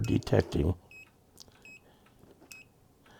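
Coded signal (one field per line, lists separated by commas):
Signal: none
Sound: a voltage tester's beeps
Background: speech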